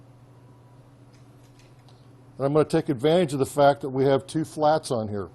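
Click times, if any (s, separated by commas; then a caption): none. Scraper blades are picked up and lined up on the two flats of the auger shaft of a SaniServ Model WB 700 frozen beverage machine before being snapped on. Only a faint handling sound is heard over a low hum, with a small tap near 1.9 seconds, and then someone talks. Nothing has snapped or locked into place yet.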